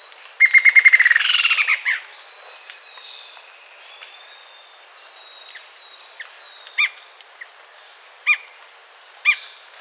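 Bird with a quick trill, followed by three short, sharp chirps, a steady high hum behind.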